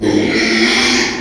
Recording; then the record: squeal of a Yucatan mini pig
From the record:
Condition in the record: after surgery on the right vocal fold (resection and tissue-engineered implant); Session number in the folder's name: 2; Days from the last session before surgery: 13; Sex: male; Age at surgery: 12 weeks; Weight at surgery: 13 kg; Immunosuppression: cyclosporine, prednisolone